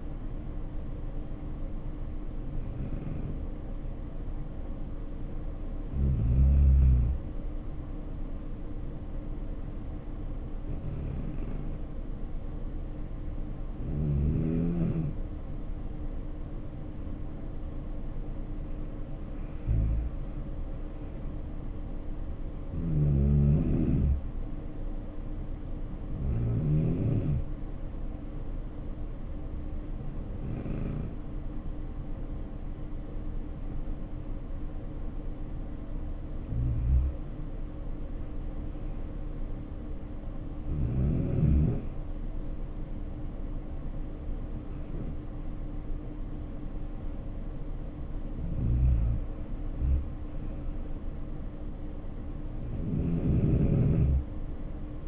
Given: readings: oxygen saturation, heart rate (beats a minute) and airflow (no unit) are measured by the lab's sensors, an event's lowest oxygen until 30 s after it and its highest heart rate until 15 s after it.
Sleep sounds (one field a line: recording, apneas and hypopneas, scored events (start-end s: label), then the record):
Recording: breathing in sleep by a smartphone at the bedside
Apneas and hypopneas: 2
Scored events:
3.00-19.20 s: hypopnea (N1, oxygen 95% highest, then 89% lowest, heart rate 66 at the start, 76 highest)
8.00-55.08 s: new sleep stage, N2 (light sleep)
32.00-42.70 s: hypopnea (N2, oxygen 93% highest, then 90% lowest, heart rate 62 at the start, 72 highest)
From the record:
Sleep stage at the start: N1 (lightest sleep)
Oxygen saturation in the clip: 80 to 95%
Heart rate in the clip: 62 to 76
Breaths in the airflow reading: 13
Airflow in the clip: -7.9 to 6.7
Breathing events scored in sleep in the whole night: 520 in 7.2 hours asleep